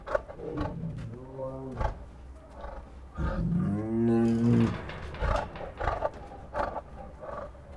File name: Two Tigers Make Many Restless Breaths, Groans and Pants [Sound Ideas]